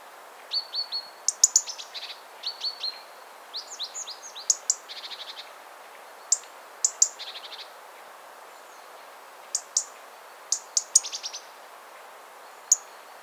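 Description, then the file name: European robin calls: sharp high ticks and short thin whistles in scattered bursts, some clustered in quick groups, with pauses of a few seconds between them. "Erithacus rubecula"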